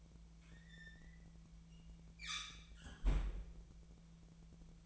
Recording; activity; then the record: daily activity, microphone in the room; close fridge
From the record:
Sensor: 1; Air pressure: 1009.7 hPa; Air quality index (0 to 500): 193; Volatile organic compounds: 19 ppm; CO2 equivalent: 2640 ppm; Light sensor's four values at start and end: 32/81/34/41 and 32/80/34/40